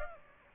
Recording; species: mosquito wingbeat signal from an infrared sensor; Aedes aegypti